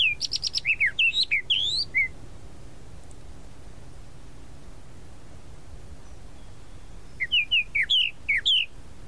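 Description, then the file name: Tropical mockingbird singing a burst of quick, varied whistled notes, some sliding down, then a long pause before a second short burst of similar chirpy phrases. "Canto-do-Sabiá-da-Praia"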